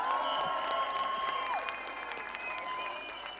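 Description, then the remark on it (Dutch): A crowd applauding at a demonstration against racism and fascism, welcoming a speaker from the Jewish organisation Ander Joods Geluid. Steady dense clapping throughout, with a high whistle-like tone sliding down partway through and faint cheering mixed in. “Mag ik alsjeblieft een applaus voor”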